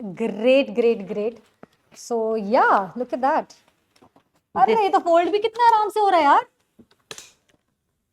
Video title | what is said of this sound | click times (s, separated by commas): Which Stroller to Buy , All Details about Luv Lap Strollers. #newmom | ये lock हो जाएगा and with this handle you can move it like a trolley bag | 7.1 s